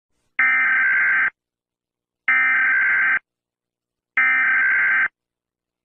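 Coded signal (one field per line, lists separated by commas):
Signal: Emergency Alert System (SAME) tones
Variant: header bursts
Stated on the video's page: Fictional, alternate-history Turkmenistan EAS alarm, made on request; very loud.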